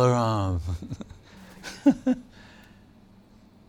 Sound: laughter